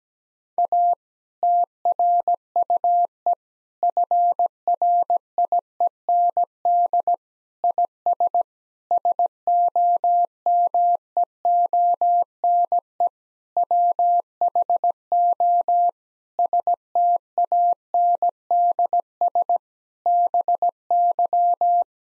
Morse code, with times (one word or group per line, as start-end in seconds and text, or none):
0.6-0.9 A
1.4-3.3 TRUE
3.8-7.1 FRIEND
7.6-8.4 IS
8.9-13.1 SOMEONE
13.6-15.9 WHO
16.4-19.6 STANDS
20.1-21.8 BY